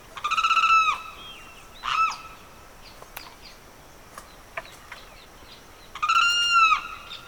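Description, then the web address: Bird calling with rapid pulsed notes, a short arched call, then a long drawn-out note, with scattered clicks and snaps in between. Evening birdsong recorded in a swamp in the Pantanal, rural South America. "The BBC Sound Effects Library - Complete 60 CDs Collection Sound Effects Library- (Rural South America) Evening Birdsong, Pantanal Swamp"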